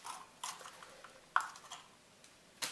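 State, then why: Not seated. A folding arm of a toy quadcopter is swung out by hand in its plastic body hinge, giving faint rubbing and a few short, sharp plastic ticks, the strongest around 1.4 s. The arm is still being handled and has not yet locked into its open position; nothing has seated or clicked yet.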